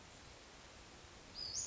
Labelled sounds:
Western Flycatcher

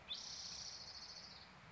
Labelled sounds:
Spotted Towhee

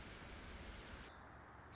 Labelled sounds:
Nuttall's Woodpecker

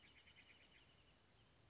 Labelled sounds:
Wrentit

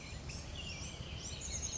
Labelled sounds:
Chestnut-backed Chickadee

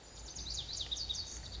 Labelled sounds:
Lazuli Bunting

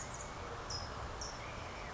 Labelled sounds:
California Towhee

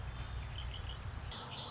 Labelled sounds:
Red-winged Blackbird

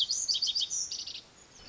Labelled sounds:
Pacific Wren

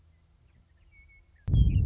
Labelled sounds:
Western Meadowlark

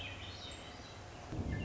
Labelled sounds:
Swainson's Thrush

